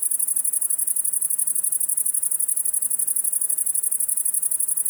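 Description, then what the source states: Great Green Bush-cricket song, a steady high rasping chirr of rapid repeated pulses. Several in Virginia creeper on a south-facing house, Fourcinet, Drôme, France, 700 m, 9 July 2018, evening, 20.4°C; first of year; rapid rhythm from afternoon sun, stops 2-3 a.m.; song essential for reproduction.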